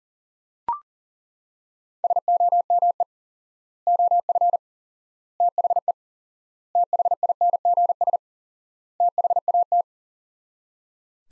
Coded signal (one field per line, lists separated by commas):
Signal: Morse code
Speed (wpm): 40 wpm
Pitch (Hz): 700 Hz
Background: none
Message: SOME OF THE THINGS THAT